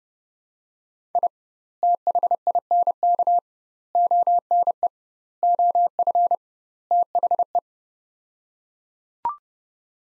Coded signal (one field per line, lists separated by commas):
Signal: Morse code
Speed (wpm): 30 wpm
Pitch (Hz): 700 Hz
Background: none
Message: I THINK ONE OF THE